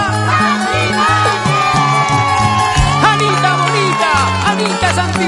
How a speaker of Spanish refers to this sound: ¡Recibámosla con un fuerte aplauso!